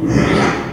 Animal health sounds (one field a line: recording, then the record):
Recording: squeal of a Yucatan mini pig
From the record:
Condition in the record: after surgery on the right vocal fold (resection and tissue-engineered implant)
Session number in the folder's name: 3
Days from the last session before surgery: 33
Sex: male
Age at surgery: 12 weeks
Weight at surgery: 13 kg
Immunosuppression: cyclosporine, prednisolone